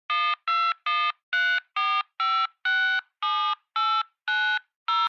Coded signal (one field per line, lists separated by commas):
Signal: DTMF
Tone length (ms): 270 ms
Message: 11 4567890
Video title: Telephone Dialing